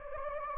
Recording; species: mosquito wingbeat signal from an infrared sensor; Anopheles gambiae